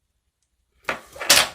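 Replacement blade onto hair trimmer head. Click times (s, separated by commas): 1.3 s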